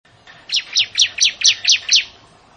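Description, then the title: Prinia song: a fast run of seven sharp, downslurred chirps, evenly spaced about a quarter second apart, over a quiet background. "Ciblek Sawah"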